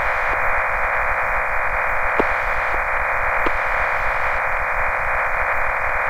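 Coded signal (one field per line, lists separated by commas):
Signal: MT63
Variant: MT63-2000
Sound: continuous dense rushing hiss confined to a mid-pitch band, steady throughout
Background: faint clicks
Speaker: now let's watch an ARRL radiogram being received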